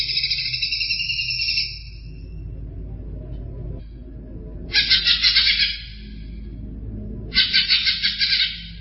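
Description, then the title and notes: Greater green leafbird song: loud bursts of rich, rapid chirping and warbled notes, three phrases separated by pauses, over a faint low hum. Champion cucak ijo bird singing. "Kicau Burung Cucak Ijo Juara. Suara kicauan burung cucak ijo"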